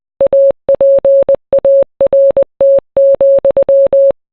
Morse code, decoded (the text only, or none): APART,